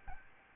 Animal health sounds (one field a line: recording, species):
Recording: mosquito wingbeat signal from an infrared sensor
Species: Aedes albopictus